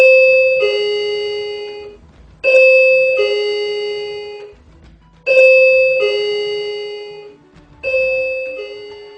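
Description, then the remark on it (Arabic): The doorbell of the house chimes four times in a row, each ring a clear two-tone ding-dong that falls from a higher note to a lower one and rings out before the next press. “بعد كده سمعت الجرس بتاع الدار بيرن.”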